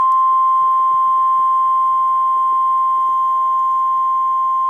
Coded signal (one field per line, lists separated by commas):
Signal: Emergency Alert System (SAME) tones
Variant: 1050 Hz attention tone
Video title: EAS #1,338 Online NOAA Weather Radio Severe Thunderstorm Warning #12 (From MKX) 5/21/24